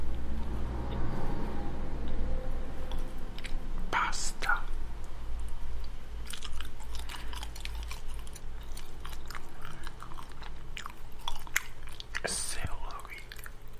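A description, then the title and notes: Wet mouth sounds and chewing clicks scatter throughout, with sharper bursts near four and twelve seconds over a steady low rumble. Lot of mouth sounds.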